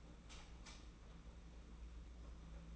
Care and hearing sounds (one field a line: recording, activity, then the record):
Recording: daily activity, microphone in the room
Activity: light on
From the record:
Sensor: 1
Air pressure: 991.9 hPa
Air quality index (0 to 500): 212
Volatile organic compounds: 1000 ppm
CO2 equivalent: 8237 ppm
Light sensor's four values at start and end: 10/22/9/10 and 14/40/15/17